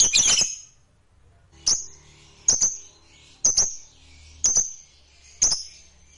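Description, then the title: Lovebird opening with a rough burst of rapid chirps, then single shrill high notes about once a second. A lazy, quiet lovebird stirred into singing. "LOVEBIRD Malas Bunyi JADI GREGET SPONTAN Langsung NARIK"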